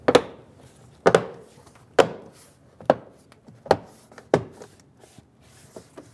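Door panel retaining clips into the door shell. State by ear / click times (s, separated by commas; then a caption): seated / 1.1 s, 2.9 s, 3.7 s. A rear door trim panel on a 2003-2008 Honda Pilot is pressed around its edge so its plastic retaining clips snap into the metal door shell. A series of sharp, short snaps and thunks comes at roughly one-second intervals, with quieter taps in between. The clips click into place and seat at about 1.1, 2.9 and 3.7 seconds.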